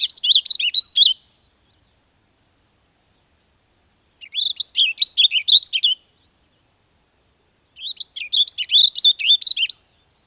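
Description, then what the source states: Warbling Vireo singing three rapid warbled phrases separated by pauses. Western population song, which often skips the upward accent note at the end more than eastern birds; mnemonic 'if I see you, I will seize you, and I'll squeeze you till you squish'.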